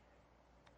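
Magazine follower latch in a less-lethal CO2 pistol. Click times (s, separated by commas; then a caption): 0.7 s. The spring-loaded magazine follower of a T4E .50 caliber P2P HDP compact CO2 pepper-ball pistol is compressed, pushed forward and rotated to the side so it locks in place and holds the feed port open. Over a steady low background hum, a single faint tick is heard at 0.7 s as the follower locks.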